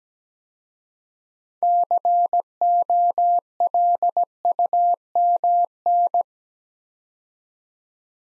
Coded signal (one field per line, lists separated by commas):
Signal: Morse code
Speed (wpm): 17 wpm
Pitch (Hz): 700 Hz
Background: none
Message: COLUMN